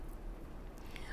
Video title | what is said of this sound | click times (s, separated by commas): Spl.B.Ed SESV-02 BLOCK-03 Unit-03 Education and strategies for independent living | अगर आप ध्यान से सुने होंगे तो आवाज़ आती है, वहाँ पे टक की आवाज़ आती है, | 1.0 s